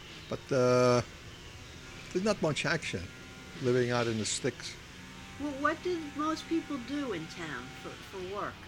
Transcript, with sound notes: But there's not much action living out in the sticks. ( sound of saw in the background )
What do most people do in town for work?